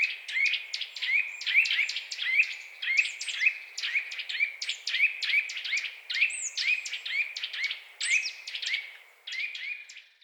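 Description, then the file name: Eurasian nuthatch calling in a long rapid run of short, rising whistled notes, overlaid with sharp clicky accents throughout. "Sitta europaea"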